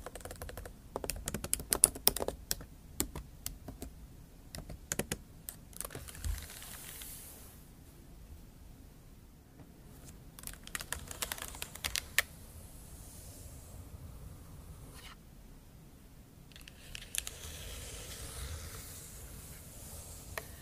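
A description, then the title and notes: Scratching and tapping sounds, with sharp clicky taps clustered in quick bursts during the first twelve seconds and again around fifteen to seventeen seconds. Between the bursts a soft, hissy scratching texture fills in, steadier and brighter in the later stretches, over a faint low rumble. Scratching & Tapping ASMR.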